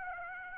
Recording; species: mosquito wingbeat signal from an infrared sensor; Aedes aegypti